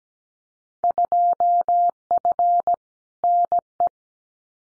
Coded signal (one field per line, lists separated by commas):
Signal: Morse code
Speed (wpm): 17 wpm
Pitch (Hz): 700 Hz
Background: none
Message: 2F NE